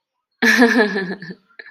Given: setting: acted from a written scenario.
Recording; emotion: vocal sound without words; amusement